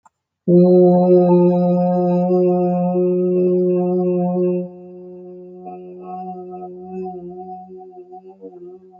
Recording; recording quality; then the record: sustained vowel as in boot; excellent, no background noise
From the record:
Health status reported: healthy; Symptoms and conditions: hypertension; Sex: female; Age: 66 years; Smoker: not ticked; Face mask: not worn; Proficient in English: yes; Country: India